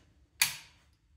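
The lever of a Winchester 94 lever-action rifle is worked to cock it, and the steel carrier (elevator) inside the receiver clicks into position. A single sharp, bright metallic click at 0.4 s rises out of near silence and rings down over about half a second. The carrier is seated in position.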